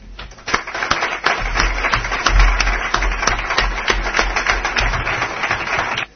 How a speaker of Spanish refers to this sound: Y por eso, simplemente, pues muchas gracias a vosotros y un fuerte aplauso a ellos.